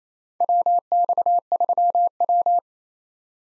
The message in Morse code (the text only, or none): WX3W